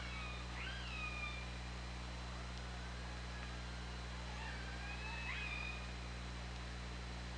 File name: Orca Lab UTLN JASON 20170824 203346 ORCALABDYNI